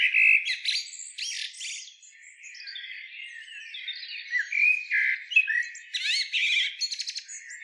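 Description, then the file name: Common blackbird song, a run of varied chirps, warbles and squeaky high notes in quick phrases, with short bursts of buzzy rattling toward the end. "Turdus merula"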